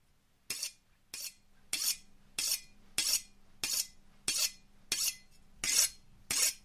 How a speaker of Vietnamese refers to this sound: Lúc đang nói chuyện thì đột nhiên thằng bé Sang nghe tiếng mài dao ở đâu xoèn xoẹt mà vọng lại. Nó rùng mình.